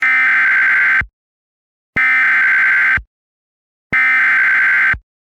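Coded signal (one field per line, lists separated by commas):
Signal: Emergency Alert System (SAME) tones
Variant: header bursts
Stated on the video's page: Mock (simulated) EAS alert.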